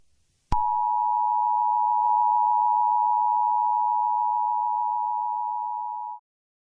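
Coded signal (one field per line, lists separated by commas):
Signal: Emergency Alert System (SAME) tones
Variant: 853 and 960 Hz attention tone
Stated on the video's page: Fictional EAS scenario.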